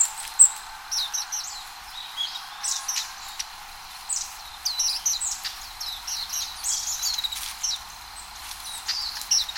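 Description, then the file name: Long-tailed tit calls: many thin, high twittering notes in a busy, almost continuous stream. "enaga"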